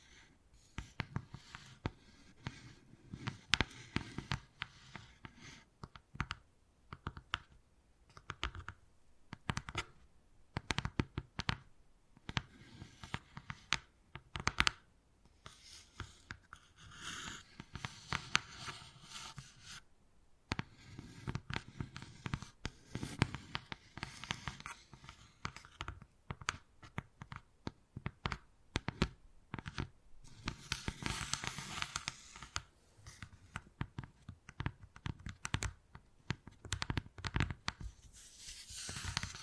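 Wood carving sounds: irregular sharp taps and short scraping strokes come in dense bursts, with brief pauses around 15 and 20 seconds. The knocks land unevenly, sometimes in quick clusters, and between them a faint low hum and thin scratchy rasps fill the gaps.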